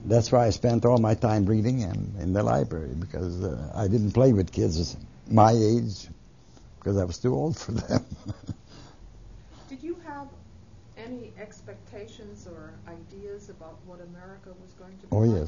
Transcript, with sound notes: That's why I spent all my time reading and in the library because I didn't play with kids my age, because I was too old for them. (He laughs.)
Did you have any expectations or ideas what America was going to be like?